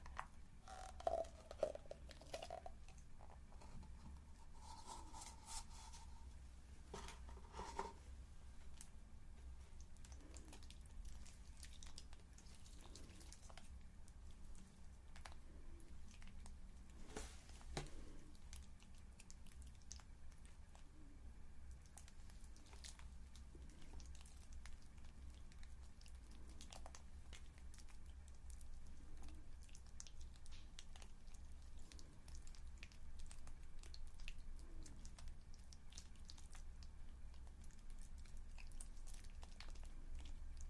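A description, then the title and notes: Bath bombs fizz, a steady soft hiss underlaid by a constant low hum. Sharp clicks and taps break through irregularly, denser in the first eight seconds and around seventeen seconds, while a brief tonal squeak rises near the start. ASMR The Lush Store Roleplay - Fizzing Bath Bombs and Dicing Soap.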